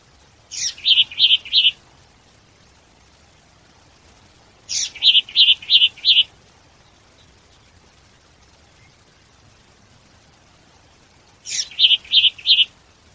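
Bird giving a repeated phrase of one harsh high note and four rapid, clipped chirps, heard three times with pauses of about three and five seconds, over a quiet background.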